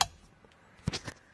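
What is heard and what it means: A second wiring connector on a Ford Edge steering wheel is pushed into its mating socket, giving a sharp, loud click at 0.0 s. After near silence, a couple of softer, duller knocks follow around 0.9–1.1 s. The connector is seated and confirmed connected.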